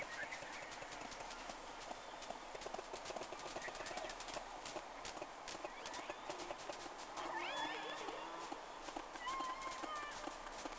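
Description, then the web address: Whale clicks, a dense train of sharp ticks throughout, with a few thin whistles near the end over steady hiss. Two whales, on 3 October 2006 around 11:30, in the first round. "Sea Snake 10-3-06 Whales X 2 11-30"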